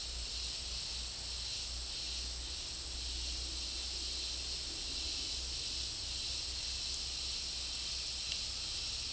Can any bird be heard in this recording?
no